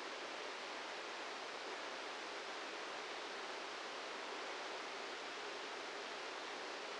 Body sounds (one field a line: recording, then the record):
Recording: brain microelectrode recording played as sound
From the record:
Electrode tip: outside the subthalamic nucleus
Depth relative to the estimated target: -1 mm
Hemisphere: left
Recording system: NeuroSet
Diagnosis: Parkinson's disease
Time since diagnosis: 8 years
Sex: male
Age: 58 years